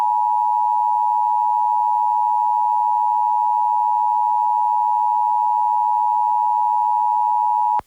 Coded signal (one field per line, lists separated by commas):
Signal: Emergency Alert System (SAME) tones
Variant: 853 and 960 Hz attention tone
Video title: EAS #1153-1154: 2 EAS Required Monthly Tests- Jan. 7, 2026- 10:15AM PST